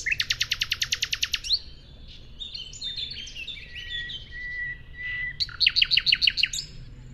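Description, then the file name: Common nightingale singing a fast, evenly repeated note series for over a second, then a jumble of varied notes and a level whistle, closing with another quick repeated burst. "Luscinia megarhynchos"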